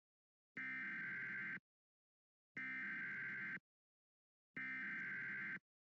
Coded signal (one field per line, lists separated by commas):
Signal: Emergency Alert System (SAME) tones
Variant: header bursts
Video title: Ridiculous EAS Scenario: McDonald's has run out of Big Macs (2011)